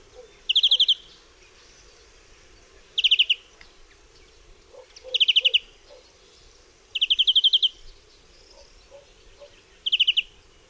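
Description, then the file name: European greenfinch song: short rapid ringing trills, each under a second, repeated every two to three seconds. "DZWONIEC"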